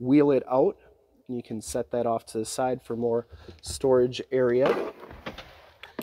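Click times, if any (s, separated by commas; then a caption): 5.8 s. A folded rear bench seat in a 2023 Jeep Wrangler Freedom Edition 2-door Oscar Mike is put back upright into its floor/seatback latch. Someone talks, then the latch engages with a sharp click at 5.8 s. The seat locks into place.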